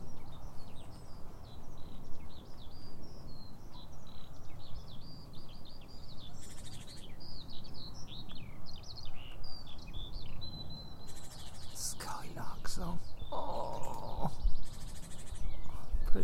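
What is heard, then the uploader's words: Birds sing from a hedgerow, with many quick whistled and trilled phrases overlapping through most of the recording. A steady low rumble of wind or traffic sits underneath. Near the end, sharper clicks and a few scratchy noises cut in around twelve to fifteen seconds. HEDGEROW SONGBIRD DELIGHTS - THRUSHES - TITS. English hedgerow Bird Song. Songbirds included within are: Song Thrush, Mistle Thrush, In-field Skylarks, Great Tit and Long-tailed Tits, among others.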